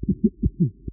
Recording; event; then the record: neck accelerometer signal played as sound; voluntary cough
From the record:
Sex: female